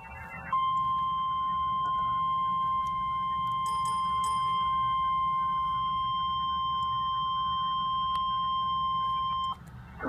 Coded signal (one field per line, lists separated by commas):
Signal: Emergency Alert System (SAME) tones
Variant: 1050 Hz attention tone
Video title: EAS Alert #65: Severe Thunderstorm Warning for 3 North Dakota Counties and 1 Minnesota County.